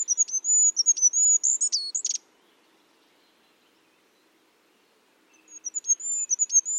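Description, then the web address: Bird calling in a rapid series of very high, thin whistled notes with sharp downward flicks, a harsh burst near two seconds, silence, then the series resumes. "Bird Only"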